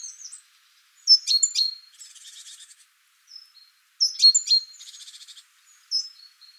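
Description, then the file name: Great tit calls: quick sharp chirps each followed by a dry, buzzy churr, given twice, with a lone high note at the end. "Parus major"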